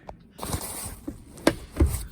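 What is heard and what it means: The handle of the second side catch on an Easy Fit Elevating pop-top roof on a campervan body is pulled down from inside, with faint taps and rustling before a single sharp first-stage click at 1.5 s. The catch has reached its first stage but still needs the second stage to be fully locked.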